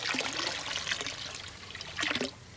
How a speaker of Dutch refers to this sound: Nog even die lekkere plons.